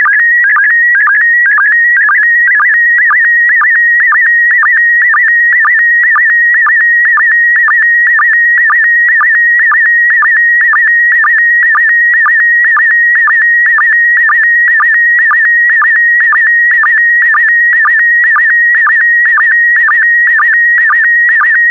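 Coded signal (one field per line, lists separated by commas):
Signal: SSTV (slow-scan television)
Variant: PD120 mode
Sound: steady warbling tone around 1.9 kHz with regular low chirps twice per second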